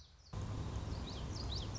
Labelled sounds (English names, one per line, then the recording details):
Common Yellowthroat
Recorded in Sonoma County, California